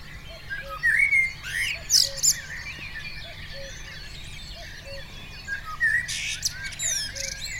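Common blackbird calling in brief whistled slurs near the start and again near the end, while a soft low note repeats steadily beneath.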